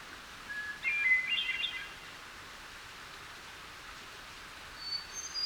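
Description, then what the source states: Hermit Thrush singing one clear, flute-like phrase, followed after a long silence by faint high notes. Singing bird seen perched on a low limb in a hemlock tree, near a small waterfall, in the morning during a delayed spring.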